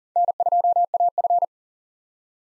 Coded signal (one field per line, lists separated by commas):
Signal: Morse code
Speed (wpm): 39 wpm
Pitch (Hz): 700 Hz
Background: none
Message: N2AF